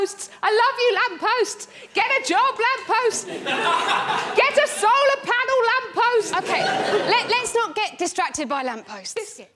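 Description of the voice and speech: An adult woman with Tourette's syndrome, a neurological condition of involuntary movements and noises (tics), repeatedly interjects odd phrases about lampposts and blurts 'biscuit', typical involuntary vocal tics.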